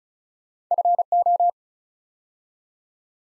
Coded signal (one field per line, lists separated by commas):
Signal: Morse code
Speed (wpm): 36 wpm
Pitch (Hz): 700 Hz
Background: none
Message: FO